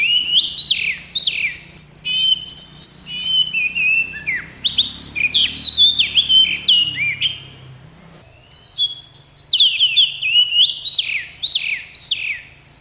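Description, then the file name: Oriental magpie-robin song: rich varied whistles and rapid chirping notes in bursts, with a brief quiet gap before the song resumes. Tutoring (masteran) song in a rolling style (ngerol). "kacer masteran ngerol"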